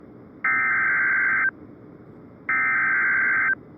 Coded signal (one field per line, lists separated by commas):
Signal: Emergency Alert System (SAME) tones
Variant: header bursts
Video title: Tornado Watch #72 on WXJ91 (EAS #121)